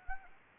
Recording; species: mosquito wingbeat signal from an infrared sensor; Anopheles gambiae